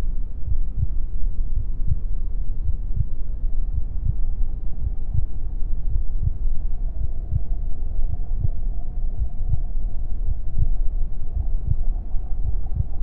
Heartbeat Sound | A Mother's Womb. The gentle thumping of my mother's heartbeat serves as the main focus, a steady rhythm that reverberates through the fluid-filled space. The world beyond the protective barrier of the womb is muffled and distant, its sounds are soft.